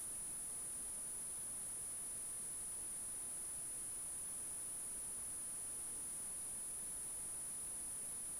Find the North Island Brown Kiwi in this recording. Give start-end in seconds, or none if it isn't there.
none